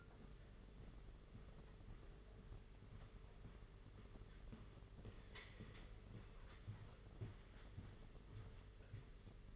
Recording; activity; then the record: daily activity, microphone in the room; walk to room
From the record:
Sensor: 4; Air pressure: 991.9 hPa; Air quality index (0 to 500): 85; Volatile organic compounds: 6 ppm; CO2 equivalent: 1926 ppm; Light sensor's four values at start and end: 21/75/27/29 and 20/72/26/28